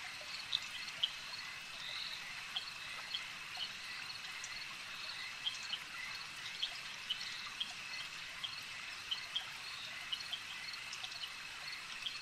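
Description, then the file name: Insects forming a steady high-pitched swarm drone, with scattered faint clicks punctuating the continuous buzz. "Elijah Wagner - Relaxing Insect Swarm Ambience"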